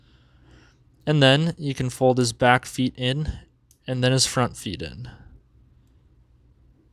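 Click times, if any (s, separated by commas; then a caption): none. Someone talks while the back feet and then the front feet of a small plastic animal toy figure are folded in, being handled toward attaching to its body. Nothing has seated or clicked yet in this clip.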